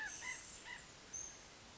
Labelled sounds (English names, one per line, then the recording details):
White-breasted Nuthatch
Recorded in Sonoma County, California